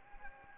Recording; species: mosquito wingbeat signal from an infrared sensor; Anopheles gambiae